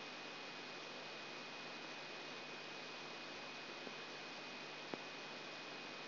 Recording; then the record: brain microelectrode recording played as sound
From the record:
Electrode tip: outside the subthalamic nucleus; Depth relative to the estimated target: -8 mm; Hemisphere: left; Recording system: AlphaMap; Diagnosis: Parkinson's disease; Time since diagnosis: 9 years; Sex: male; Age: 66 years